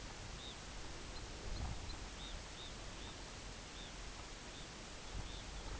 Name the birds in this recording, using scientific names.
Phalaropus fulicarius